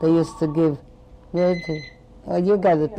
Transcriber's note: telephone rings